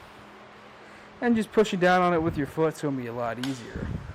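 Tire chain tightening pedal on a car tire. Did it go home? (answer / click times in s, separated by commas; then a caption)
no / none. A foot presses down on the built-in tightening pedal of a Konig Easy Fit tire chain mounted on the front tire of a 2023 Chevrolet Blazer. After about 1.2 seconds of quiet background hum, someone talks for the rest of the clip. The metal ratchet has not clicked into place yet, and the chain is not cinched down.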